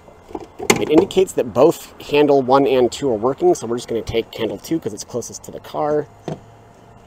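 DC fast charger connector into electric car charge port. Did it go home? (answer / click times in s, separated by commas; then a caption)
no / none. Someone talks while handling a DC fast-charger connector, taking handle two because it is closest to a VW ID.4 electric car and bringing it toward the car's charge port. Two brief sharp sounds occur near 0.3 and 0.6 seconds, and speech continues over the rest of the clip. Nothing has seated or clicked into the charge port yet.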